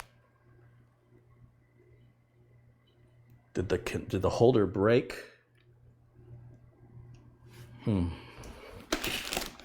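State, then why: Partly seated. A coin cell battery is pressed into its plastic holder on a motherboard. Someone talks, then a sharp cluster of clicks comes at 8.9 s. The cell is not fully seated in the holder.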